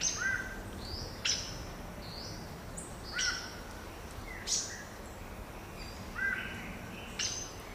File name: saffron toucanet